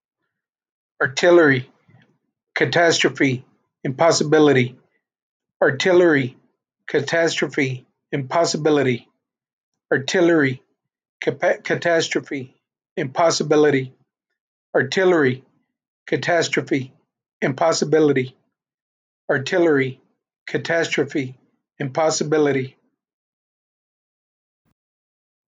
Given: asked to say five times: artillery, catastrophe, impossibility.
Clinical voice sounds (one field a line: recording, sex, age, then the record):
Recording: three words, each repeated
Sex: male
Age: 40 to 49 years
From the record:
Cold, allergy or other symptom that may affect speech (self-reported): no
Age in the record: 48 years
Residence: Texas, United States